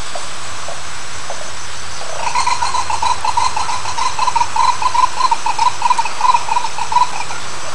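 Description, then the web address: Bird calls: a quick, even series of short, clipped notes starts after about two seconds and keeps going steadily to the end, over a constant hiss. "BIRD 2015 small 50 CLASSES SABIOD 50 bird 2015"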